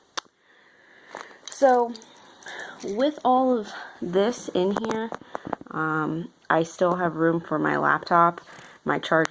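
A lanyard holding a first aid kit and paracord is tugged free from the plastic buckle it is clipped into on a bag. A sharp click of the buckle pulling open at 0.2 s releases the lanyard clip from the bag attachment. After that, someone talks.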